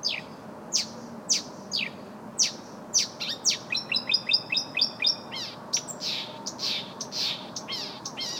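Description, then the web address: Bird calls: sharp, high downward-slurred chirps given singly, then a quick run of rapid repeated notes, followed by more scattered chirps. "ptaki glosy"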